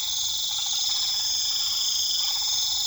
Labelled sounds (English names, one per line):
none